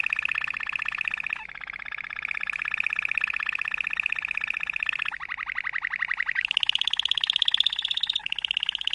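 Canary delivering a continuous rolling trill, changing pace and pitch several times, with a higher, louder section near the end.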